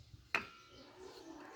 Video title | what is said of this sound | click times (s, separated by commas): como instalar lona de freio no espelho sundown max 125, instalação de uma bucha no pino do espelho | a lona não encaixou perfeitamente na buchinha que eu coloquei eu | 0.3 s